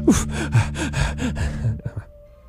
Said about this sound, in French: Oh, je suis déjà essoufflé.